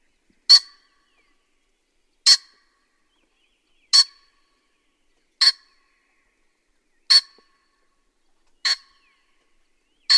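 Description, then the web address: Pheasant uttering seven sharp, clipped single calls against complete silence. "animal-sound pheasant-sound"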